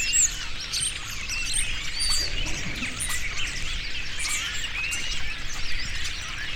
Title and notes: Estorninos En Alt Empordà. Por la tarde los estorninos descansan en los árboles y como siempre, lo hacen todos juntos